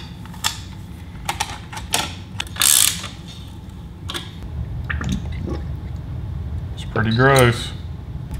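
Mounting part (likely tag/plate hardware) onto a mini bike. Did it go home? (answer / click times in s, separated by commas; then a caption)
no / none. A part, likely tag or license-plate hardware, is handled while being fitted onto a street-legal mini bike, giving sharp mechanical clicks and ratchet-like rattles over a low background hum, with someone talking briefly. Nothing has seated or clicked into place yet when the clip ends.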